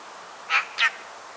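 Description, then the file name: Eurasian magpie calling two harsh, grating chack notes in quick succession, about a quarter second apart. "Pica pica"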